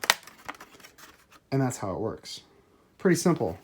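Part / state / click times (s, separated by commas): plastic train track section into brick-built ballast base / seated / 0.1 s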